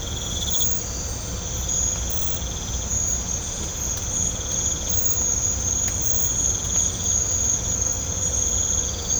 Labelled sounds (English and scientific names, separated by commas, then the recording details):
none
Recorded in pastures near Puerto Asís, Putumayo, Colombia, on 18 December 2024 at 02:00
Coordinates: 0.502, -76.324
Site G077